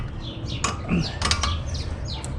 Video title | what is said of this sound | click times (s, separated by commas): BMW 1997-2001 Z3 Brake Pads, Rotors, Lines - Hart Brake kit install DIY How to and review. | and it'll pop into place | 0.7 s